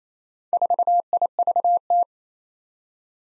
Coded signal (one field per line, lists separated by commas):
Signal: Morse code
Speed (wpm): 28 wpm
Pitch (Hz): 700 Hz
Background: none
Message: 4IVT